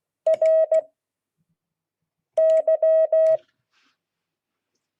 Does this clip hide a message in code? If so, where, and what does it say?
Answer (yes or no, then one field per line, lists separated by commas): yes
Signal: Morse code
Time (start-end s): 0.3-3.4 s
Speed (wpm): 16 wpm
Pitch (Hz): 640 Hz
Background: none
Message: RY